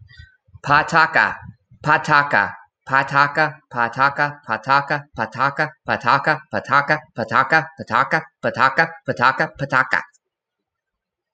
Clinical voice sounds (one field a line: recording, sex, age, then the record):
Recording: repeated syllables /pa ta ka/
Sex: male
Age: 30 to 39 years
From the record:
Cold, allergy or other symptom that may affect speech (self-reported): yes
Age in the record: 33 years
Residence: Georgia, United States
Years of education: 18